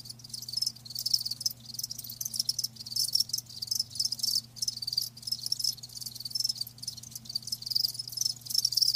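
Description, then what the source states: Cricket chirping in short bursts of high rapid pulses, with a low constant hum underneath. Live crickets chirping, a lulling song.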